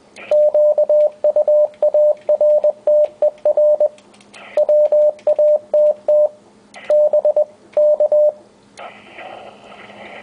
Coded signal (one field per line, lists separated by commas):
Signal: Morse code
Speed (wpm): 19 wpm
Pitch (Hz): 600 Hz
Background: radio noise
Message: QUARTER WATT BK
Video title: 250 mW QRP CW as heard on ICOM 703